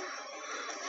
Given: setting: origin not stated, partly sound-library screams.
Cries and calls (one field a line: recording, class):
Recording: one-second piece from a danger detection set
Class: woman in danger